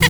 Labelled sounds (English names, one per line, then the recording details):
Zebra Finch hat call
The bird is a female
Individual fem2